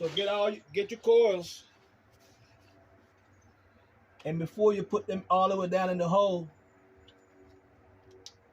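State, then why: Seated. During a valve cover gasket replacement on a 2003-2007 Honda Accord, someone talks while an ignition coil sits pushed down into its spark plug hole. A wiring harness connector is then plugged onto the coil and snaps on with a sharp click at 8.3 s, showing it is seated.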